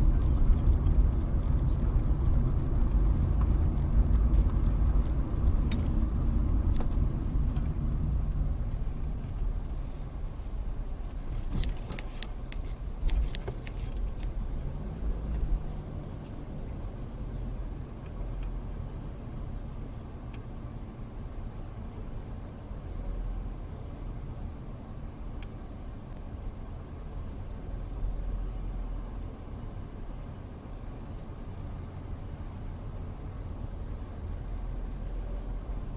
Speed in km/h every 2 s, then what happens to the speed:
26, 27, 26, 16, 6, 5, 6, 11, 13, 11, 11, 11, 10, 10, 10, 10, 10, 11.
4-9 brakes to 5. 14-36 steady at about 11.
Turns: 5-10.